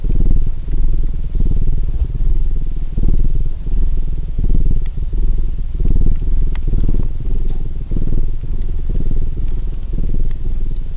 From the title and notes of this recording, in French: Au coin de la cheminée. Proche de votre cheminée en compagnie des doux ronronnements de ce chat.